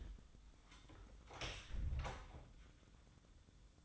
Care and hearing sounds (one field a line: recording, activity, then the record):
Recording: daily activity, microphone in the room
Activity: close door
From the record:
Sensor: 3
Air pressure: 1004.8 hPa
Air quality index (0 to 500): 76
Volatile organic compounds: 2 ppm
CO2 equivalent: 1140 ppm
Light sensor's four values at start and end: 8/19/8/7 and 8/19/8/7